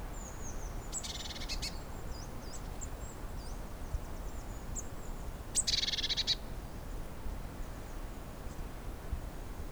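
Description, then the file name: Eurasian blue tit scolding calls: two harsh, buzzy, churring bursts, with thin high-pitched notes and faint twittering between them over a steady low rumble. "Cyanistes caeruleus"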